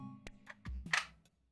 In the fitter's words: that piece snaps in place